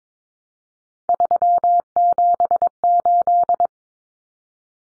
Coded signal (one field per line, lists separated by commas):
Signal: Morse code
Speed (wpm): 22 wpm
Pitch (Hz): 700 Hz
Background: none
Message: 378